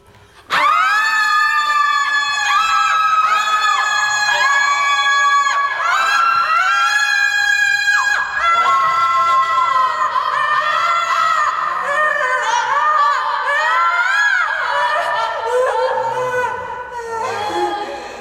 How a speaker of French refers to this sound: Elles ne restent pas silencieuses, mais leurs mots se font rares. Elles veulent économiser leur force, mais n'arrivent pas à s'y tenir. Parfois, elles crient.